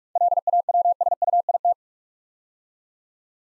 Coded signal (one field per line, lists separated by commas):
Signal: Morse code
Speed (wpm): 44 wpm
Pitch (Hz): 700 Hz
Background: none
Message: LAWSUIT